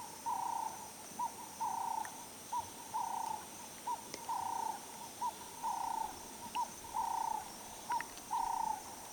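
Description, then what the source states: Dove giving repeated hollow coos, a brief note then a drawn-out even one, cycling roughly every second and a half, with light clicks behind. Recorded at Elephant Plains.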